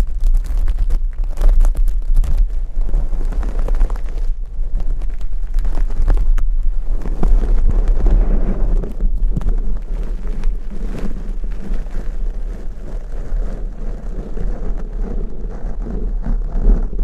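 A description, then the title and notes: Crunchy slime being squished and worked, with dense crackling and popping that runs without a break for the whole stretch. A deep, steady rumble sits underneath, and from about eight seconds on the squelching grows thicker and fuller. Crunchy Slime x Brain Scratching.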